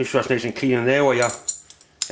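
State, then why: Seated. Someone talks as a collar or collet is pushed into its holder on a machine tool, with a couple of faint metallic taps near 1.7 and 1.8 seconds. A sharp metallic snap at 2.0 seconds marks the collet seating in the holder.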